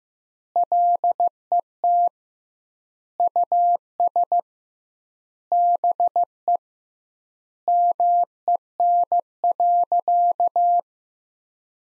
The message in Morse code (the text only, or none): LET US BE MEN.